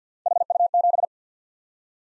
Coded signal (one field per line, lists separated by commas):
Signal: Morse code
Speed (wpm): 51 wpm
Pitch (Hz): 700 Hz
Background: none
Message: HU7